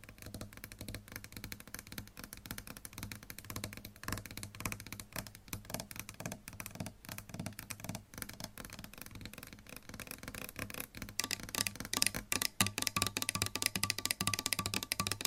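Fingernails scratch and tap on objects in a dense, continuous patter of small clicks and rasps, with a low steady hum underneath. After about eleven seconds the scratching grows louder and brighter, with sharper taps standing out around twelve and fourteen seconds.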